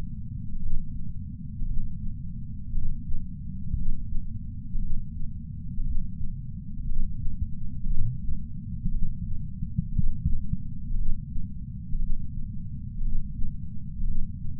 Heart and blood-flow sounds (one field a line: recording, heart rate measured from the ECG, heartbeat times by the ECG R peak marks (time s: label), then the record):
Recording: heart sounds by patch sensor on the chest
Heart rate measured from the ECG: 58 bpm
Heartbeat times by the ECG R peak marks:
0.59 s: heartbeat
1.65 s: heartbeat
2.72 s: heartbeat
3.75 s: heartbeat
4.79 s: heartbeat
5.83 s: heartbeat
6.86 s: heartbeat
7.87 s: heartbeat
8.91 s: heartbeat
9.93 s: heartbeat
10.95 s: heartbeat
11.98 s: heartbeat
13.02 s: heartbeat
14.04 s: heartbeat
From the record:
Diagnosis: coronary artery disease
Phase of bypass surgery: preoperative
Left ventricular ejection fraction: 61.9%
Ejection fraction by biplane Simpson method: 50.3%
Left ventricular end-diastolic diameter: 48 mm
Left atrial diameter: 41 mm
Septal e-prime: 7.5 cm/s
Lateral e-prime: 8.4 cm/s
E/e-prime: 8.7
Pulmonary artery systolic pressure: 21 mmHg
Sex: male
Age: 71 years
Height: 162 cm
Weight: 75 kg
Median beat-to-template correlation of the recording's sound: 0.81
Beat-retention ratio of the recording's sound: 0.97